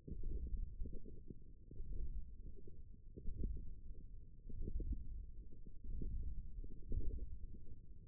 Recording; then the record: forearm muscle sounds (acoustic myography)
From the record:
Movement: radial deviation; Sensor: system 1, eight BSWA MPA416 microphones around the upper forearm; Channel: 4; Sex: male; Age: 18 years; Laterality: right